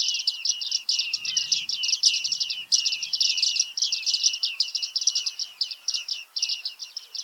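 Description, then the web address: Bearded reedling calls, a dense chatter of rapid ringing notes, running almost without a break throughout. Call recorded in 2019. "geluiden baardman 2019 roep"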